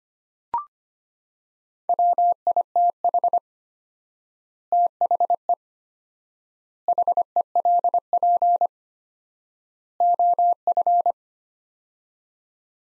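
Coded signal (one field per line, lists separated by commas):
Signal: Morse code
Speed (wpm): 25 wpm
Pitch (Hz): 700 Hz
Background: none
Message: WITH THE HELP OF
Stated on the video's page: Morse practice drill of sets of four words at 25 wpm with 4x word spacing, a Farnsworth-like method.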